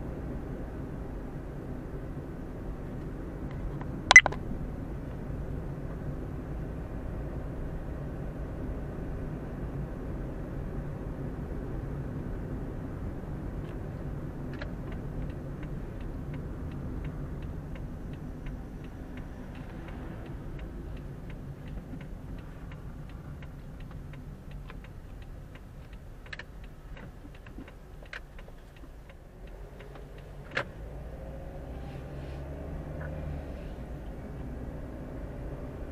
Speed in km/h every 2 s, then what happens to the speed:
33, 32, 30, 31, 32, 32, 32, 30, 27, 22, 18, 16, 11, 8, 6, 11, 18, 25.
0-12 steady at about 32. 12-27 slows to 6. 27-36 speeds up to 25.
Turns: 25-32.